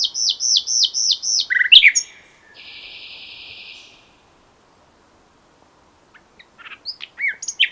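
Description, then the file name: Common nightingale song: repeated loud notes, a sharp flourish and a sustained buzzy trill, then silence before scattered chirps and notes. "Luscinia megarhynchos"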